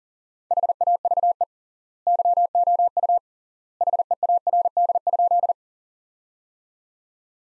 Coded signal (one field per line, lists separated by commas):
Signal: Morse code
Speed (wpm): 40 wpm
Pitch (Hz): 700 Hz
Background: none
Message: HAVE YOU HEARD?